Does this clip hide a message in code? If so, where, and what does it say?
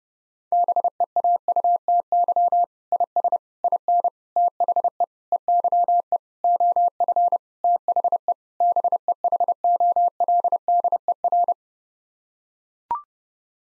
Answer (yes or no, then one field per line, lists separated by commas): yes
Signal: Morse code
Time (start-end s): 0.5-11.5 s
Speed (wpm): 32 wpm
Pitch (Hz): 700 Hz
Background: none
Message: BEAUTY IS IN THE EYE OF THE BEHOLDER